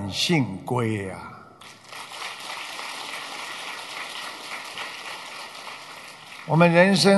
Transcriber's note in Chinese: 掌声